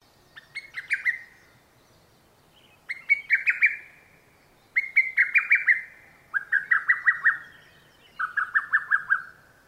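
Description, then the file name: Lesser cuckoo song, five loud staccato phrases of several sharp notes each, against a quiet background. "hototogisu"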